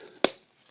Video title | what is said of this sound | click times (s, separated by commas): Water Miser Caps | there's a what we call a positive closure and every time anytime you use these caps you want to make sure you hear that snap I'll do it again | 0.2 s